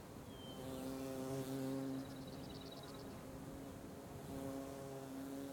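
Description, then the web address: Fly buzzing in low droning tones that come and go, with a brief whistled bird note and faint high pulsing insect chirps. Loud flies with light birds and crickets in the background. "Sonniss com - GDC 2020-Game Audio Bundle Wav Junction Sound Effects - Ambience loud flies light birds crickets wind"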